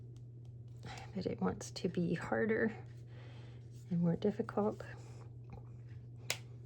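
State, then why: Seated. Someone talks while a small plastic piece of a miniature toy set is pressed into its slot in a miniature toy playset, going in harder than expected. A sharp click at 6.3 s marks the piece snapping into place, seated.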